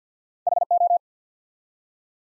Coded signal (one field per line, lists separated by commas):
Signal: Morse code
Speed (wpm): 48 wpm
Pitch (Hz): 700 Hz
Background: none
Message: HO